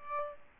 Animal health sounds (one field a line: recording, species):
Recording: mosquito wingbeat signal from an infrared sensor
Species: Aedes aegypti